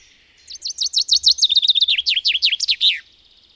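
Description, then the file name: Common chaffinch singing one full phrase: a quick series of repeated high notes, then a lower ending flourish, with quiet surroundings. "erdei pinty"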